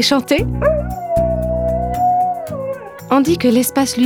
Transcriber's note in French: chant de chien